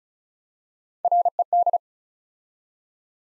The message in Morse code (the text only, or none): RED